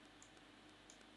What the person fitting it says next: very faint click you can hear